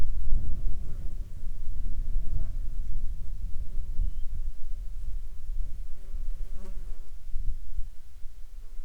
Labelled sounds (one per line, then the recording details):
wind
insects
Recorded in the Prudhoe Bay oil fields, Alaska, on 7 July 2019 at 19:04
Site 14